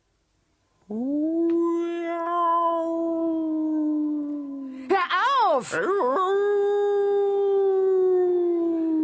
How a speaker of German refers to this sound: Und nachts habe er ein schreckliches Geheul angestimmt, das es bis ins Tal hinabgeschallt hat.